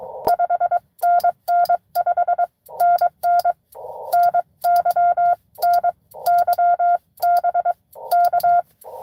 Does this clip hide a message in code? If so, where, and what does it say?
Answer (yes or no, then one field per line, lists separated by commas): yes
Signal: Morse code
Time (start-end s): 0.3-8.6 s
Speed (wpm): 21 wpm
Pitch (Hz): 700 Hz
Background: none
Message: 5NN 5NN NY NY BK